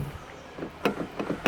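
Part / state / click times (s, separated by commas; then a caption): rear door lock in a car door / seated / 0.9 s, 1.2 s, 1.5 s. With its manual lock pressed down, the rear door of a car is shut. It closes with a thud at 0.9 s, followed by latch clicks at 1.2 s and 1.5 s, and the lock stays engaged. Someone talks.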